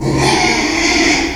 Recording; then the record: squeal of a Yucatan mini pig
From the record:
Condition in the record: after surgery on the right vocal fold (resection and tissue-engineered implant); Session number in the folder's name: 2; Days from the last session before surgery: 13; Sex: male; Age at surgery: 12 weeks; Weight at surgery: 13 kg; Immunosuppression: cyclosporine, prednisolone